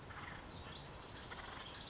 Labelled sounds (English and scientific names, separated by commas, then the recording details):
House Wren (Troglodytes aedon)
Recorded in Sonoma County, California